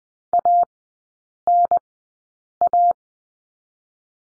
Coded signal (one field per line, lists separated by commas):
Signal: Morse code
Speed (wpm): 20 wpm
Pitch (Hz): 700 Hz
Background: none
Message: ANA